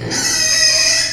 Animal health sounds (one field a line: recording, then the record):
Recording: squeal of a Yucatan mini pig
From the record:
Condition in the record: before surgery on the right vocal fold (resection and tissue-engineered implant)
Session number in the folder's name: 2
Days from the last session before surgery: 0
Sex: male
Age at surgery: 12 weeks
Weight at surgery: 13 kg